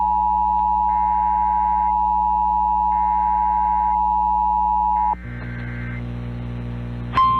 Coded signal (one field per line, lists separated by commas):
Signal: Emergency Alert System (SAME) tones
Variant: 853 and 960 Hz attention tone